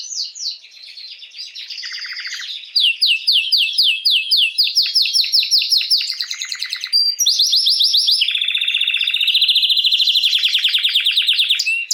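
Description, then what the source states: Canary singing in continuous fast trills, moving from high rapid rolls to a lower, steady buzzing trill that carries on to the end. Male Belgian canary named Raiden singing a lot; played to warm up young birds and Belgian canaries.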